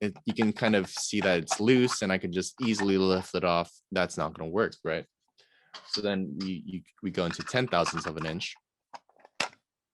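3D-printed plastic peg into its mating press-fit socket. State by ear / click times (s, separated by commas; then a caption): seated / 9.4 s. Someone talks for most of the clip while a 3D-printed plastic peg with a 0.010 in press-fit tolerance is pushed by hand into its mating press-fit socket. Faint handling ticks around 9.0 s lead to one sharp snap at 9.4 s as the two 3D-printed plastic test parts snap together and seat, holding even when flipped upside down.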